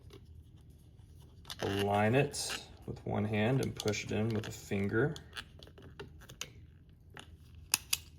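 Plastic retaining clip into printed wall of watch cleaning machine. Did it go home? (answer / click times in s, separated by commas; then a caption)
yes / 7.7 s, 7.9 s. A 3D-printed plastic clip is lined up by hand and pushed in with a finger to lock a printed wall of a watch cleaning machine while someone talks. After soft handling noises, two sharp snaps at 7.7 and 7.9 seconds show the clip seating and locking the wall in place.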